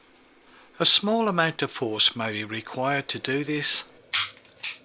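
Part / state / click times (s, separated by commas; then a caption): plastic top cover clip onto the ball-joint socket of a motion sensor unit / seated / 4.1 s, 4.6 s. Someone talks as the plastic top cover of a HOSMART long-range rechargeable wireless driveway motion alarm sensor unit is pushed down with a little force, so that its clip fits over the ball-joint socket area. Sharp clicks are heard at 4.1 s and 4.6 s as the cover clips into position and is seated.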